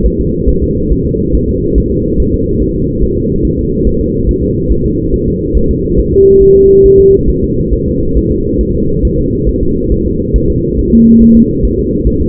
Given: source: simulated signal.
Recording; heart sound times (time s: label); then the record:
fetal heart sounds
0.06 s: S1
0.20 s: S2
0.49 s: S1
0.64 s: S2
0.92 s: S1
1.07 s: S2
1.35 s: S1
1.50 s: S2
1.78 s: S1
1.92 s: S2
2.20 s: S1
2.34 s: S2
2.62 s: S1
2.76 s: S2
3.03 s: S1
3.18 s: S2
3.45 s: S1
3.59 s: S2
3.87 s: S1
4.01 s: S2
4.29 s: S1
4.43 s: S2
4.72 s: S1
4.86 s: S2
5.14 s: S1
5.28 s: S2
5.57 s: S1
5.71 s: S2
5.99 s: S1
6.14 s: S2
6.42 s: S1
6.57 s: S2
6.86 s: S1
7.00 s: S2
7.30 s: S1
7.44 s: S2
7.73 s: S1
7.88 s: S2
8.17 s: S1
8.32 s: S2
8.61 s: S1
8.75 s: S2
9.05 s: S1
9.19 s: S2
9.49 s: S1
9.63 s: S2
9.92 s: S1
10.06 s: S2
10.36 s: S1
10.50 s: S2
10.79 s: S1
10.94 s: S2
11.22 s: S1
11.37 s: S2
11.65 s: S1
11.79 s: S2
12.07 s: S1
12.21 s: S2
From the record:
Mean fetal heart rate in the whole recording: 140 bpm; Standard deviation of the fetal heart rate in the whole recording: 2 bpm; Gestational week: 34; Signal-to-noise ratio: -15.3 dB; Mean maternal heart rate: 72 bpm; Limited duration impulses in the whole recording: present